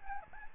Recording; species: mosquito wingbeat signal from an infrared sensor; Aedes albopictus